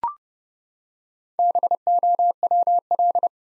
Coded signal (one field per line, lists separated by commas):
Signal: Morse code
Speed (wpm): 30 wpm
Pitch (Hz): 700 Hz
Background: none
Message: BOWL